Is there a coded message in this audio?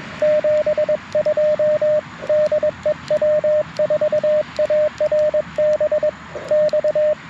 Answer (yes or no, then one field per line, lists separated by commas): yes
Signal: Morse code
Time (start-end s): 0.2-7.1 s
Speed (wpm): 21 wpm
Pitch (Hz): 610 Hz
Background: radio noise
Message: 72 DE W4ARB X